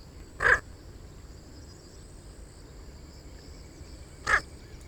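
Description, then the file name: Squacco heron uttering two brief, harsh croaks about four seconds apart, separated by quiet with only a steady background hum. "rallhager"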